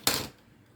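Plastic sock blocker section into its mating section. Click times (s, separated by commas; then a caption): 0.1 s. A 3D-printed plastic sock blocker section is pressed into its mating section and pops into place with a single sharp click at 0.1 s. The bright snap is followed by a brief ringing tail that fades by about 0.3 s, leaving quiet, and the piece is seated.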